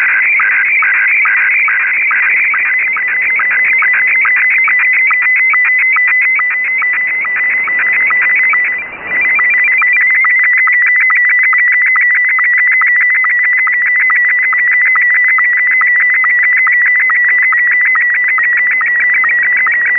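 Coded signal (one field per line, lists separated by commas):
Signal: SSTV (slow-scan television)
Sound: continuous warbling tone around 2 kHz, interrupted by rapid regular low ticks like a metronome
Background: radio static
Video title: A complete SSTV QSO in 5 parts using RTL-SDR and QSSTV - Part 5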